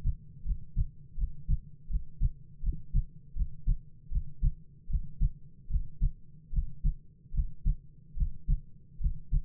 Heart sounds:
heart sounds by stethoscope; 77 bpm
0.43 s: heartbeat
1.16 s: heartbeat
1.88 s: heartbeat
2.61 s: heartbeat
3.34 s: heartbeat
4.09 s: heartbeat
4.88 s: heartbeat
5.68 s: heartbeat
6.51 s: heartbeat
7.32 s: heartbeat
8.15 s: heartbeat
8.99 s: heartbeat
From the record:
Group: healthy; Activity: breath hold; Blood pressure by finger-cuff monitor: 92/59 mmHg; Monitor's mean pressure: 64 mmHg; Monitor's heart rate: 80 bpm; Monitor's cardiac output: 7.2 L/min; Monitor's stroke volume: 93 mL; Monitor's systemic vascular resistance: 600 dyn s/cm5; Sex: male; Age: 22 years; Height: 185 cm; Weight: 112.4 kg

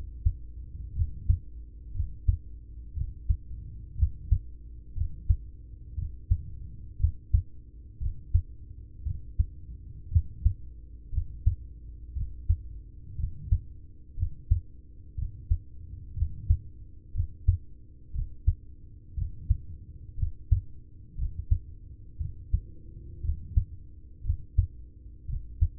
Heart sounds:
heart sounds by stethoscope; 59 bpm
0.92 s: heartbeat
1.91 s: heartbeat
2.93 s: heartbeat
3.94 s: heartbeat
4.92 s: heartbeat
5.94 s: heartbeat
6.96 s: heartbeat
7.97 s: heartbeat
9.03 s: heartbeat
10.08 s: heartbeat
11.09 s: heartbeat
12.13 s: heartbeat
13.15 s: heartbeat
14.14 s: heartbeat
15.14 s: heartbeat
16.13 s: heartbeat
17.11 s: heartbeat
18.11 s: heartbeat
19.13 s: heartbeat
20.14 s: heartbeat
21.14 s: heartbeat
22.17 s: heartbeat
23.20 s: heartbeat
24.21 s: heartbeat
25.25 s: heartbeat
From the record:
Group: heart failure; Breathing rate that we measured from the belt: 19 breaths a minute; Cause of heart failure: ischemic heart disease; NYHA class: 1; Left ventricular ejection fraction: 33%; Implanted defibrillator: present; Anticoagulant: apixaban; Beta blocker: carvedilol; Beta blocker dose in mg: 18.75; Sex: male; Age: 39 years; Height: 168 cm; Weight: 72 kg

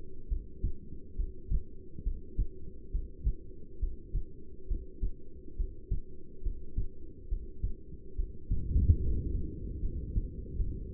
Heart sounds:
heart sounds by stethoscope; 70 bpm
0.29 s: heartbeat
1.16 s: heartbeat
2.04 s: heartbeat
2.92 s: heartbeat
3.80 s: heartbeat
4.68 s: heartbeat
5.57 s: heartbeat
6.43 s: heartbeat
7.29 s: heartbeat
8.16 s: heartbeat
9.01 s: heartbeat
9.81 s: heartbeat
10.57 s: heartbeat
From the record:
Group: heart failure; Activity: breath hold 0-7 s, rest 7-11 s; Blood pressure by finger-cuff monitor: 172/122 mmHg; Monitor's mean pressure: 139 mmHg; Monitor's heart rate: 69 bpm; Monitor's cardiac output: 6.5 L/min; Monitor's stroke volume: 95 mL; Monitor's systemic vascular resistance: 1630 dyn s/cm5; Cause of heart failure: non-ischemic cardiomyopathy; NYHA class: 1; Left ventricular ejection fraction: 62%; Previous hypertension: present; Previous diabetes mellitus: present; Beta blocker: bisoprolol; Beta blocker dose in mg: 10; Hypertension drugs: sacubitril-valsartan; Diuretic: furosemide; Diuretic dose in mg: 20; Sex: male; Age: 49 years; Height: 167 cm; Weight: 110 kg

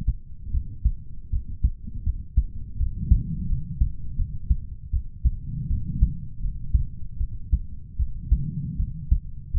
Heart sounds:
heart sounds by stethoscope; 80 bpm
0.51 s: heartbeat
1.30 s: heartbeat
2.03 s: heartbeat
2.77 s: heartbeat
3.47 s: heartbeat
4.16 s: heartbeat
4.90 s: heartbeat
5.67 s: heartbeat
6.40 s: heartbeat
7.18 s: heartbeat
7.96 s: heartbeat
8.77 s: heartbeat
9.51 s: heartbeat
From the record:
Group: healthy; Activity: rest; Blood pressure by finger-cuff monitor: 98/68 mmHg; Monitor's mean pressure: 75 mmHg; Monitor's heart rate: 81 bpm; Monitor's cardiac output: 5.7 L/min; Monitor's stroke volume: 73 mL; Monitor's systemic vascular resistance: 960 dyn s/cm5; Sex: male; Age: 20 years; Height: 187 cm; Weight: 68.9 kg

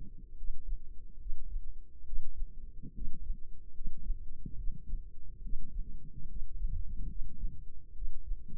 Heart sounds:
heart sounds by microphone in the left ear; 71 bpm
0.34 s: heartbeat
1.17 s: heartbeat
2.03 s: heartbeat
2.91 s: heartbeat
3.71 s: heartbeat
4.54 s: heartbeat
5.40 s: heartbeat
6.26 s: heartbeat
7.05 s: heartbeat
7.92 s: heartbeat
From the record:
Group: healthy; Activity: rest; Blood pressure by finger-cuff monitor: 120/71 mmHg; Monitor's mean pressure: 81 mmHg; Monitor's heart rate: 70 bpm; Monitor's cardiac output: 5.1 L/min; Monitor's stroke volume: 71 mL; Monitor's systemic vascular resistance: 1100 dyn s/cm5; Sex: male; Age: 20 years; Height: 167 cm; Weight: 61 kg

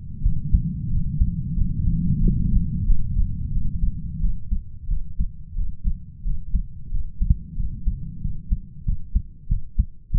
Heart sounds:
heart sounds by stethoscope; 91 bpm
0.23 s: heartbeat
0.90 s: heartbeat
1.55 s: heartbeat
2.20 s: heartbeat
2.85 s: heartbeat
3.51 s: heartbeat
4.20 s: heartbeat
4.88 s: heartbeat
5.55 s: heartbeat
6.24 s: heartbeat
6.91 s: heartbeat
7.57 s: heartbeat
8.21 s: heartbeat
8.85 s: heartbeat
9.48 s: heartbeat
10.11 s: heartbeat
From the record:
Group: healthy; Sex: male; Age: 33 years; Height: 179 cm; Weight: 80.4 kg

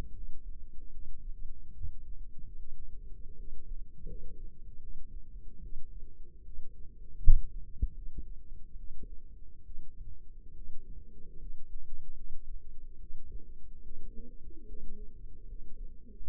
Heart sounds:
heart sounds by microphone in the left ear; 75 bpm
0.12 s: heartbeat
0.90 s: heartbeat
1.72 s: heartbeat
2.56 s: heartbeat
3.35 s: heartbeat
4.06 s: heartbeat
4.79 s: heartbeat
5.59 s: heartbeat
6.42 s: heartbeat
7.20 s: heartbeat
7.93 s: heartbeat
8.75 s: heartbeat
9.63 s: heartbeat
10.53 s: heartbeat
11.37 s: heartbeat
12.15 s: heartbeat
12.98 s: heartbeat
13.82 s: heartbeat
14.65 s: heartbeat
15.46 s: heartbeat
16.21 s: heartbeat
From the record:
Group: healthy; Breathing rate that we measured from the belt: 15 breaths a minute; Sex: female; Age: 22 years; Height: 160 cm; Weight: 63 kg

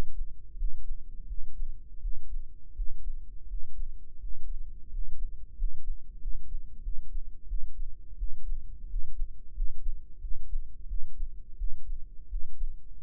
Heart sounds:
heart sounds by microphone in the right ear; 87 bpm
0.54 s: heartbeat
1.25 s: heartbeat
1.99 s: heartbeat
2.73 s: heartbeat
3.46 s: heartbeat
4.18 s: heartbeat
4.88 s: heartbeat
5.54 s: heartbeat
6.17 s: heartbeat
6.81 s: heartbeat
7.46 s: heartbeat
8.16 s: heartbeat
8.86 s: heartbeat
9.52 s: heartbeat
10.18 s: heartbeat
10.86 s: heartbeat
11.55 s: heartbeat
12.27 s: heartbeat
13.00 s: heartbeat
From the record:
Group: healthy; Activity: rest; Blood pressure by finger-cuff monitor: 120/85 mmHg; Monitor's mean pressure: 96 mmHg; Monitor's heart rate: 86 bpm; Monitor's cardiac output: 6.3 L/min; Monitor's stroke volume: 73 mL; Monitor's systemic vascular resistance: 1140 dyn s/cm5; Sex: male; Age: 21 years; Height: 180 cm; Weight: 67.5 kg

